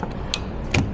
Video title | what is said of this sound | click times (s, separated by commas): How to replace windshield wiper blades on 2019-Current Mercedes Sprinters | Clicked into place. | 0.3 s, 0.7 s